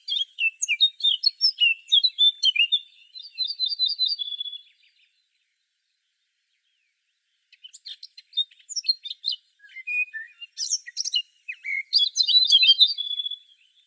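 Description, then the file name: Eurasian blackcap song: rapid high warbling phrases with chattering notes, a pause of about two and a half seconds, then more varied warbling ending in clear fluted notes. "Sylvia atricapilla"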